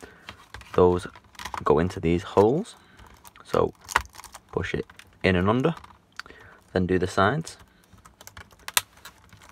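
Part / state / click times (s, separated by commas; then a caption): laptop keyboard into palmrest/top case / seated / 8.8 s. A replacement keyboard is fitted to a Toshiba Satellite L735 laptop: its bottom tabs are pushed into the holes in the palmrest/top case, then the keyboard sides are pressed down. Someone talks while soft taps and small clicks are heard. A sharp click at 8.8 s marks the keyboard edge seating into place.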